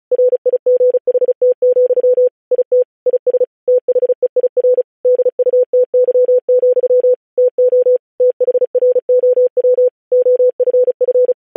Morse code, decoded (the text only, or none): RIGHT, IT IS THEIR DUTY, TO THROW OFF